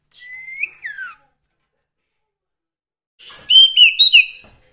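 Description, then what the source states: Sirtu song: a rising then falling whistled slur, a long silence, then a bright warbled phrase of quick notes. Songbird training (masteran) with the full range of song variations.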